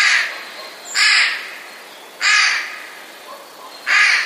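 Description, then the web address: Eurasian jay giving four loud, hoarse, rasping screeches, about a second apart. Alarm call; recorded 5 March 2016. "ostrzegator sojka 05 03 2016"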